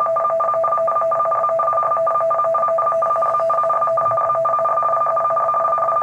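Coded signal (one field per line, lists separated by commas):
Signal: RTTY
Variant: 50 baud, 500 Hz shift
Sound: rapid warbling between two tones about 500 Hz apart, continuous teletype chatter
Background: low background hum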